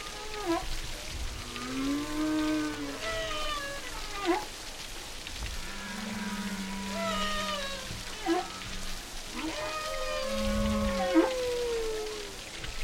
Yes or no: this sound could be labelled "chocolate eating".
no